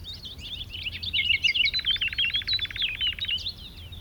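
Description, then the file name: Common nightingale song: twittering notes leading into a fast, buzzy rattling trill with whistled notes above it. "Luscinia megarhynchos"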